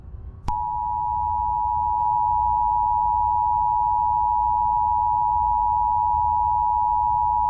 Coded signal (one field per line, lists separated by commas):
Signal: Emergency Alert System (SAME) tones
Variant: 853 and 960 Hz attention tone